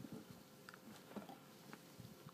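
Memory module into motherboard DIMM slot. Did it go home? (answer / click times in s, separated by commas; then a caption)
yes / 0.7 s, 1.7 s. A memory module is pushed firmly straight down into a motherboard DIMM slot until the retaining clips at the notches snap into place. Sharp clicks are heard at 0.7 s, 0.7 s and 1.7 s over a faint background, with another light tick near 2.3 s. The module seats.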